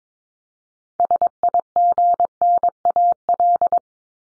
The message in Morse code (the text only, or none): SIGNAL